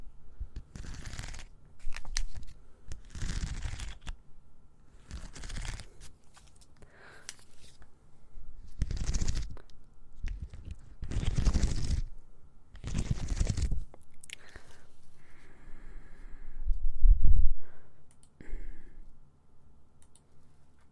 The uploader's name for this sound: ASMR Mouth Sounds Ear Cleaning